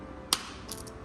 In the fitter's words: And once you hear that click, it's locked in place, and now we can test out the key fob.